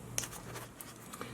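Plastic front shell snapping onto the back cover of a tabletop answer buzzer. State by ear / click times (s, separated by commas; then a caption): seated / 0.2 s. A plastic front shell is pressed onto the back cover of a modified Learning Resources tabletop answer buzzer, being converted into a switch for switch-adapted toys. A sharp click at 0.2 s shows the case halves snapping together and seating, followed by softer ticks and handling noise near 0.8, 1.1 and 1.2 s over a low steady hum.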